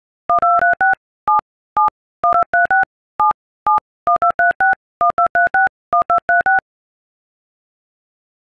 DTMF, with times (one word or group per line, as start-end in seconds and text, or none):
0.3-0.9 1236
1.3-1.4 7
1.8-1.9 7
2.2-2.8 1236
3.2-3.3 7
3.7-6.6 7123612361236